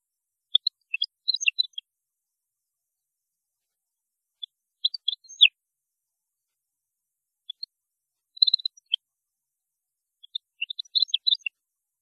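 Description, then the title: European goldfinch song: sparse, quiet high twitters in four small clusters spread throughout, separated by silences. "Chant Chardonneret"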